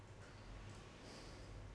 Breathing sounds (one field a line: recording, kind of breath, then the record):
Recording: one breath in and out by a microphone near the nose and mouth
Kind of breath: normal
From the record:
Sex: male